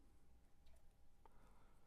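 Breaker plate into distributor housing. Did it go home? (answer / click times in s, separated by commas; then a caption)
no / none. A reamed Mercedes-Benz distributor breaker plate, its inner diameter opened up so it no longer binds, is handled and lined up to fit back onto its mating part in the distributor housing. Only faint light ticks of handling sound over a low background hum. Nothing has seated or snapped into place yet.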